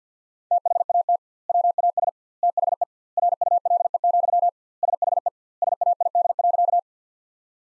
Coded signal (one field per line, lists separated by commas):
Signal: Morse code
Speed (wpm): 50 wpm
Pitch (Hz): 700 Hz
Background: none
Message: THAT WAS THE RULE, SHE SAID.